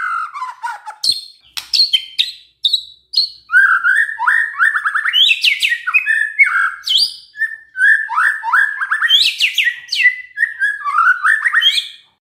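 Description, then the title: White-rumped shama pouring out a long, continuous song of mixed warbles, descending trills and shrill high notes, with only brief gaps. Lure recording of shama song, played to prompt lazy or unwilling white-rumped shamas to start singing. "PANCINGAN MURAI BATU. SIULAN MURAI BATU❗ PANCINGAN MURAI MALAS AGAR BUNYI"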